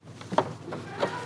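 Plastic body-panel pry tools are wedged under a trim panel on a 3rd-gen 2022+ Toyota Tundra, keeping pressure so the panel does not snap back while its plastic retainer clips are popped free during an Ironman 4x4 Premium Front Bumper install. A sharp pop at 0.4 s marks a plastic retainer clip coming out of the truck body panel, with fainter ticks around 0.2 s and 0.7 s. The clip is released.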